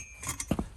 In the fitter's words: how it just snapped into place there it goes